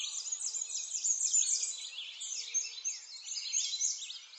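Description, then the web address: Birds chorusing with rapid high chirps and swooping notes, steady and unbroken throughout. Forest ambience. "Lynne Music Nature-Ambience-Birds-In-A-Forest"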